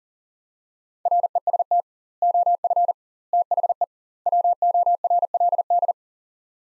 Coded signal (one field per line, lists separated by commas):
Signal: Morse code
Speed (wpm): 40 wpm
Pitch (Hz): 700 Hz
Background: none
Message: REST OF THE WORLD